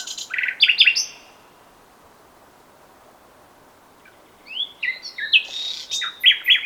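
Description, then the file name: Common nightingale song: a short burst of harsh chirps, a pause of about three seconds, then a sweeping run of varied notes. "Luscinia megarhynchos"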